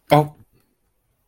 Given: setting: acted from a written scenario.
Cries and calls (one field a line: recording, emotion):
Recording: vocal sound without words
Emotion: negative surprise